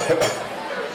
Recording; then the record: coughing mixed with background sound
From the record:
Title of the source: Cough Around the Clock!